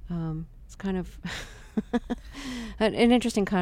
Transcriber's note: soundbite of laughter